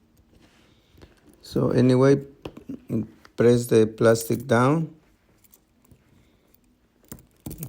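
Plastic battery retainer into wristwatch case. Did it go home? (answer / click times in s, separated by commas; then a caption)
yes / 7.1 s, 7.5 s, 7.6 s. Someone talks, then a plastic battery retainer is pressed down into a Michael Kors wristwatch case after a new battery goes in. Short snapping clicks come at 7.1, 7.5 and 7.6 seconds as the retainer seats securely.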